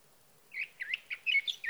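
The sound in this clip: Sage thrasher song fragment, a few quick warbled phrases after a short silence.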